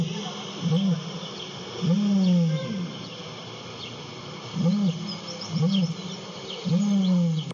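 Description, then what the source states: Ostrich booming: deep, hollow, arched hoots come one at a time with pauses between, over a steady background hiss. Male ostrich mating call, produced by inflating the throat to attract a mate.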